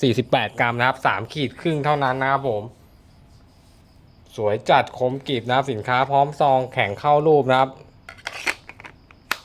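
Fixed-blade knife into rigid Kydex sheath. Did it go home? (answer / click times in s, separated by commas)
yes / 9.3 s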